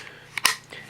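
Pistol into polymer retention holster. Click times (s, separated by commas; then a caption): 0.4 s, 0.5 s. A 9mm P226 pistol is pushed down into a Blackhawk Serpa CQC polymer paddle holster with an unlock button until the retention latch engages. Two sharp clicks ring out at 0.4 s and 0.5 s, followed by a fainter sound around 0.7 s. The pistol is seated and locked in the holster's retention.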